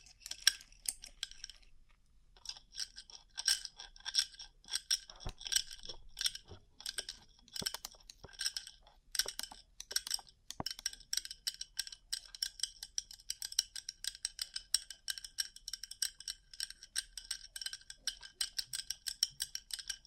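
Fingernails tap rapidly over a rhinestone-covered surface, making dense, bright, crisp clicks like small bits of glass. After a brief pause near the start the tapping runs continuously, with a few sharper, louder ticks standing out in the middle.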